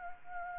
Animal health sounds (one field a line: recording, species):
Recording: mosquito wingbeat signal from an infrared sensor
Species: Anopheles gambiae